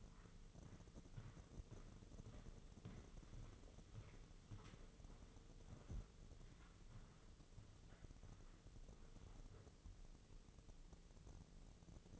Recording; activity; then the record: daily activity, microphone in the room; walk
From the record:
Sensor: 4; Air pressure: 996.7 hPa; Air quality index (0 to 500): 245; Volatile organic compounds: 394 ppm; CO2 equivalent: 4661 ppm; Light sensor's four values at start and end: 52/127/53/53 and 49/121/50/50